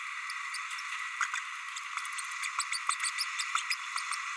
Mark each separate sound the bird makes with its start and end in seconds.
1.33-1.39, 2.71-2.79, 3.70-3.75, 4.11-4.15